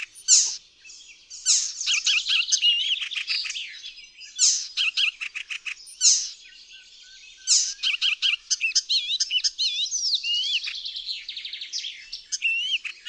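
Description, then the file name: Icterine warbler giving a long, varied song: rapid clicking trills, harsh notes and fluty slurred whistles, repeated and mixed with short gaps. "ZAGANIACZ"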